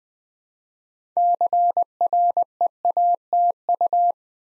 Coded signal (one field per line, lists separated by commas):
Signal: Morse code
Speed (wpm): 20 wpm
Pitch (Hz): 700 Hz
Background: none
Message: CREATU